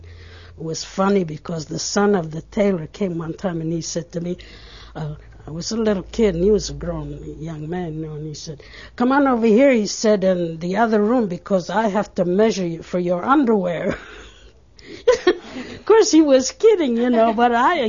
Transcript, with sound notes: And it was funny because the son of the tailor came one time and he said to me, uh, I was a little kid and he was a grown young man and he said, "Come on over here," he said, "in the other room, because I have to measure you for your underwear." ( they laugh ) Of course, he was kidding, you know, but I